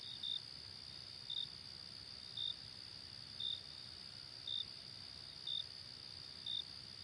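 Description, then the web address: Cricket chirping at a steady pace, one high chirp roughly every second, over a constant high background drone. "hobokenchicken kira. crickets"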